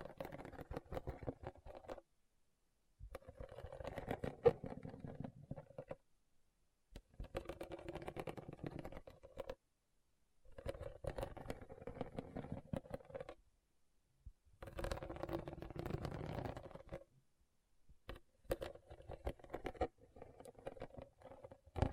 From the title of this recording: RHINESTONE Tapping & Scratching Sounds